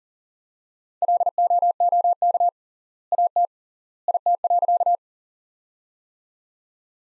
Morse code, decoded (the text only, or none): LOOK AT IT.